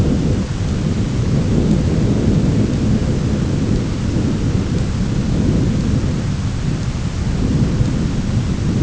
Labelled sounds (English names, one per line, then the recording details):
none
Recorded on Arctic tundra, site ZACK-1, on 10 June 2019
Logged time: 15:49